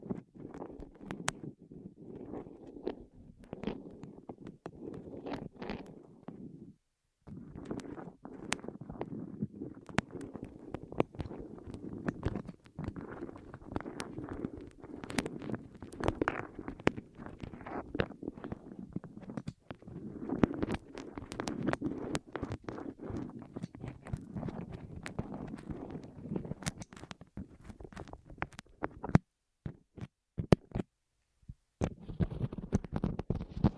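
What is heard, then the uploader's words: ASMR rolling sounds on the ears: a continuous low, muffled rumbling and rubbing, dotted throughout with sharp crackles and clicks. The texture stays dense and fairly even, breaking into brief silences near seven seconds and again around thirty seconds. ASMR Rolling On Your Ears (No Talking).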